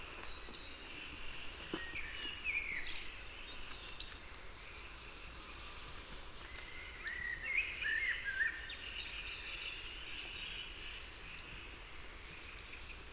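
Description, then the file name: Great tit calls: a few bright falling notes and short high rattling runs, set against busy lower warbling from other birds and steady background hiss. "Parus major"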